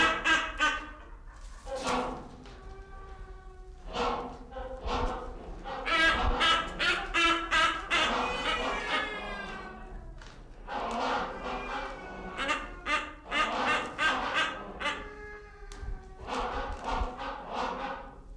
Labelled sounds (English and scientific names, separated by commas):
Great Hornbill (Buceros bicornis)